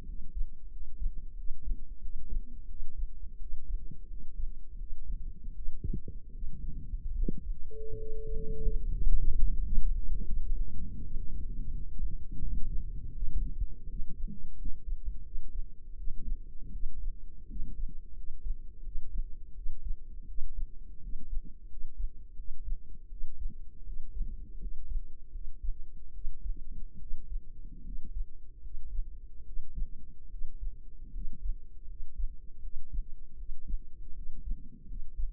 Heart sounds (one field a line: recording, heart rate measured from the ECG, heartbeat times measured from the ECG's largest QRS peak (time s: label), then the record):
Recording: heart sounds by microphone in the left ear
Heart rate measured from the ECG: 81 bpm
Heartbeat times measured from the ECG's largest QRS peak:
0.03 s: heartbeat
0.68 s: heartbeat
1.34 s: heartbeat
1.99 s: heartbeat
2.65 s: heartbeat
3.37 s: heartbeat
4.06 s: heartbeat
4.76 s: heartbeat
5.52 s: heartbeat
6.30 s: heartbeat
7.12 s: heartbeat
7.95 s: heartbeat
8.73 s: heartbeat
9.47 s: heartbeat
10.23 s: heartbeat
11.01 s: heartbeat
11.69 s: heartbeat
12.38 s: heartbeat
13.11 s: heartbeat
13.86 s: heartbeat
14.55 s: heartbeat
15.22 s: heartbeat
15.94 s: heartbeat
16.70 s: heartbeat
17.46 s: heartbeat
18.13 s: heartbeat
18.82 s: heartbeat
19.53 s: heartbeat
20.25 s: heartbeat
20.99 s: heartbeat
21.67 s: heartbeat
22.34 s: heartbeat
23.08 s: heartbeat
23.83 s: heartbeat
24.57 s: heartbeat
25.30 s: heartbeat
26.11 s: heartbeat
26.97 s: heartbeat
27.82 s: heartbeat
28.60 s: heartbeat
29.43 s: heartbeat
30.28 s: heartbeat
31.11 s: heartbeat
31.85 s: heartbeat
32.60 s: heartbeat
33.35 s: heartbeat
34.13 s: heartbeat
34.85 s: heartbeat
From the record:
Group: healthy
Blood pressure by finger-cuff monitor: 102/63 mmHg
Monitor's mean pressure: 76 mmHg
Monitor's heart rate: 80 bpm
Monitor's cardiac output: 5.8 L/min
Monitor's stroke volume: 74 mL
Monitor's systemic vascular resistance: 940 dyn s/cm5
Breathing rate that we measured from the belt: 18 breaths a minute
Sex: male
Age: 20 years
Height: 167 cm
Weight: 61 kg